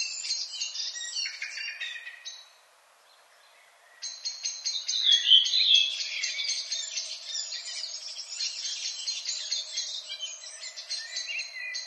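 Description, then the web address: Redwing song of busy scratchy twittering, breaking off briefly, then resuming as a longer, louder stream of jumbled high chirps. "HGW birds \ \aves Rodvingetrast"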